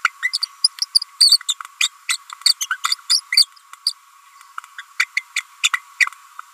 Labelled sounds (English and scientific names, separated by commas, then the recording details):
Green-rumped Parrotlet (Forpus passerinus) babbling
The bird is a female
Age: 30 days
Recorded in a nest box in Venezuela
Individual 17B42A4